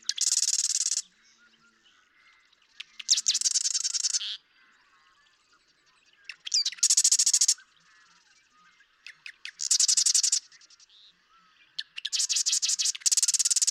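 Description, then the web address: Marsh Wren song: several bursts of rapid, buzzy, rattling trills, each about a second long, preceded by short ticking notes, repeated every few seconds. "birdsongforthecurious Marsh Wren"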